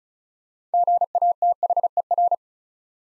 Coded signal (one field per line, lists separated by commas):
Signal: Morse code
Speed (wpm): 36 wpm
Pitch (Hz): 700 Hz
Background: none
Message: GATHER